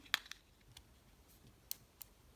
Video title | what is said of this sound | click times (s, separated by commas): The BEST Kids & Children's Digital Toy Video Camera from Amazon - Yorkoo Unboxing and Review 2021 | there we are so you just have to push it in until it just clicks into place | 1.7 s